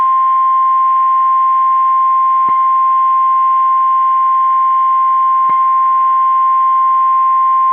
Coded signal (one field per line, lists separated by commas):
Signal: Emergency Alert System (SAME) tones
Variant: 1050 Hz attention tone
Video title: (EAS #9) Tornado Warning From NWS Chicago